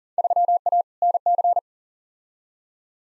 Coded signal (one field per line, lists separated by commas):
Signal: Morse code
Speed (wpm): 40 wpm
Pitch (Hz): 700 Hz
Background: none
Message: 3A NC